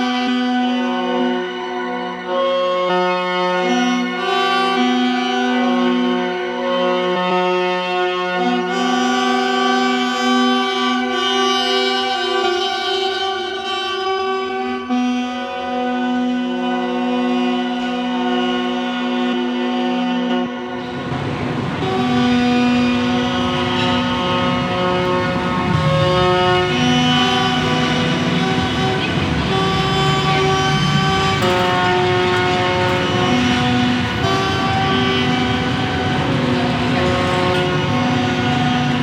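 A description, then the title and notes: A synthesised soundscape built from layered, sustained tones that hold steady and shift pitch only slowly. Around twenty seconds in, a dense hissing, rumbling texture washes in beneath the tones and continues to the end, with the overall level staying fairly even throughout. A synthesised soundscape.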